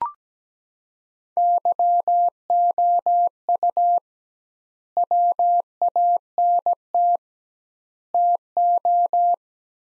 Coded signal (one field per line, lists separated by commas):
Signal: Morse code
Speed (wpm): 17 wpm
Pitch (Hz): 700 Hz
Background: none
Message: YOU WANT TO